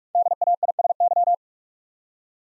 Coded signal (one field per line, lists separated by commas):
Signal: Morse code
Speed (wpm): 44 wpm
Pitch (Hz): 700 Hz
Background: none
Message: DAISY